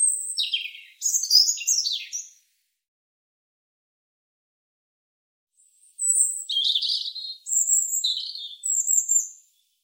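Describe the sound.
European robin singing high twittering phrases mixing piercing whistles and rapid fluttering notes, with a long silent gap between bursts.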